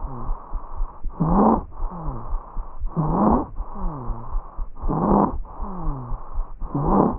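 Stridor in an adult.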